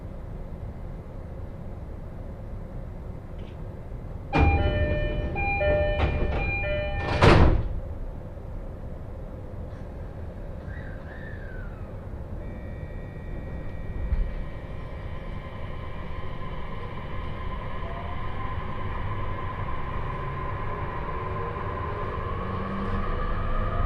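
A train ride on the Joban Line, with a steady low rumble throughout. Around four to seven seconds a chime-like run of tones sounds, cut by a sharp loud clack near seven seconds. Later, thin whining tones rise and hold as the train runs on.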